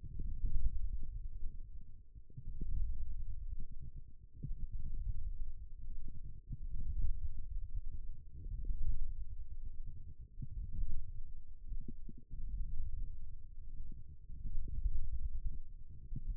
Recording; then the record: forearm muscle sounds (acoustic myography)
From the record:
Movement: wrist extension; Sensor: system 1, eight BSWA MPA416 microphones around the upper forearm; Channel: 4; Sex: female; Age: 21 years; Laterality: right